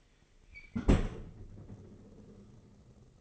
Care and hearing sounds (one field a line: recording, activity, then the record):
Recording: daily activity, microphone in the room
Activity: close fridge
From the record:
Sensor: 4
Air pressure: 996.0 hPa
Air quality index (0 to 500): 66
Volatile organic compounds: 2 ppm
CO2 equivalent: 1201 ppm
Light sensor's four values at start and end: 14/38/14/17 and 15/40/15/17